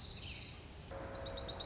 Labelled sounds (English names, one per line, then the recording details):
Dark-eyed Junco
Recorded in Sonoma County, California